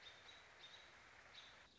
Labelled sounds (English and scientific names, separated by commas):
American Robin (Turdus migratorius)